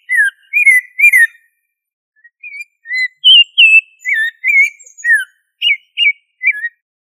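Thrush song: short, clear whistled phrases, each a quick slurred rise or fall, delivered in bursts with a brief pause near two seconds.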